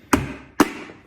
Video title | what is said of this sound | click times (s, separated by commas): 2010-2015 Lexus RX350 RX450h Door Mirror Glass And Actuator Removal And Installation Instructions | press on it until it clicks and then check it | 0.1 s, 0.6 s